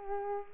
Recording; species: mosquito wingbeat signal from an infrared sensor; Culex pipiens